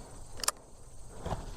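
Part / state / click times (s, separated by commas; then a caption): revolver hammer catching on the sear / seated / 0.4 s, 0.5 s. The steel hammer of a Magnum Research BFR revolver in .500 Magnum is pulled back until it catches on the sear in the cocked notch, giving a sharp double click at 0.4 s and 0.5 s. The revolver is left cocked and ready.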